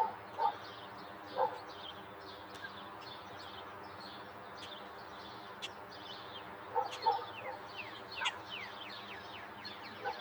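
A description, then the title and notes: A suburban outdoor scene: birds chirp and twitter steadily, with short bright calls packed through the whole stretch. A few louder sharp yelps, possibly a dog, break in near the start and again around seven and eight seconds, over a low constant hum. A Day in the Suburbs.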